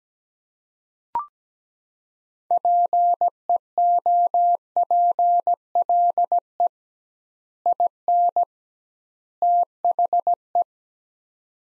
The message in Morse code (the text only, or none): PEOPLE IN THE